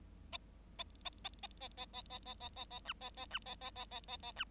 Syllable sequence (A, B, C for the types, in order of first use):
A A A A A A A A A A A A B A A B A A A A A A B